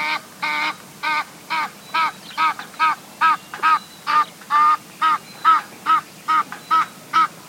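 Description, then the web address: Egyptian goose producing loud, regular nasal honks, around two per second, each with a harsh buzzy quality, continuing steadily throughout. "cieacasadecampo. ganso del Nilo"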